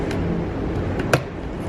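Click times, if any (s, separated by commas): 1.1 s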